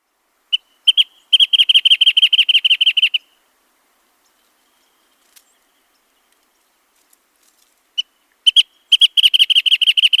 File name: wrentit